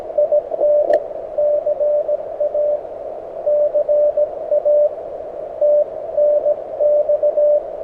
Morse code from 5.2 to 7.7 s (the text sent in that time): TNX